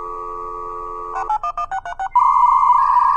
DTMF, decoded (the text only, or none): 163